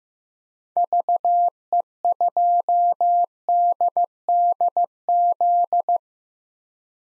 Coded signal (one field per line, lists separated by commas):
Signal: Morse code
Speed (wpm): 15 wpm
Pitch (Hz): 700 Hz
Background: none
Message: VE2DDZ